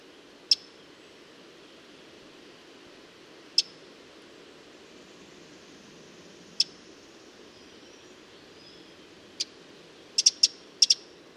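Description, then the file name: Eurasian wren calls, lone sharp ticks every few seconds, then quicker doubled clicks toward the end, over a faint even hiss. "Troglodytes troglodytes"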